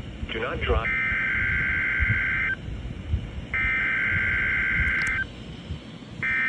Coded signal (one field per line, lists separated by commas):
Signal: Emergency Alert System (SAME) tones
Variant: header bursts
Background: speech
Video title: Tornado Watch #707 (EAS#508)